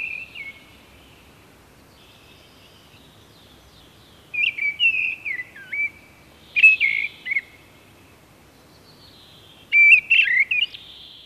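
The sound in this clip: Mistle Thrush giving a short whistled phrase, then after a pause three further bursts of warbling whistled notes spaced a few seconds apart.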